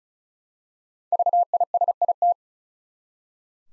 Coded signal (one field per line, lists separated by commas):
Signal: Morse code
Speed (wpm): 36 wpm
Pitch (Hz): 700 Hz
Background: none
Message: VISIT